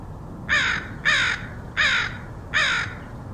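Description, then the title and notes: Crow calling with four loud, harsh, raspy caws, evenly spaced, over low background rumble. Crows recorded in Portland, Oregon, in August 2003. "Crows of Portland. Crows recorded by Dan Bodah in Portland, OR, August 2003"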